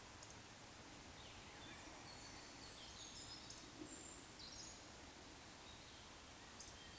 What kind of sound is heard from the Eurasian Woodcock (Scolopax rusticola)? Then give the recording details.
whistle. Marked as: whistle, whistle, whistle. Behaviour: display flight. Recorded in Baden-Württemberg, Germany, on 19 June 2020 at 19:23 UTC. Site 49006, 684 m above sea level